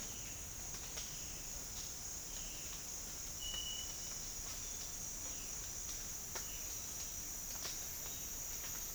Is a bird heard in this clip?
no